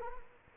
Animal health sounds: mosquito wingbeat signal from an infrared sensor; Culex quinquefasciatus

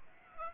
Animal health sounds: mosquito wingbeat signal from an infrared sensor; Aedes aegypti

